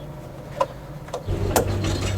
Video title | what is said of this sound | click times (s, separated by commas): 🛠️🛠️🛠️ TUTO Comment faire l'entretien complet sur un IVECO DAILY 2.3 HPI ??? | Voilà, c'est clipsé. | 1.6 s